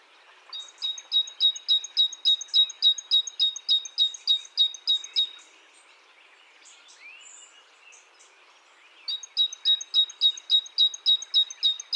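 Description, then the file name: Great tit: two runs of quick, regular, high-pitched double notes, separated by a few seconds of fainter chirps. "Parus major"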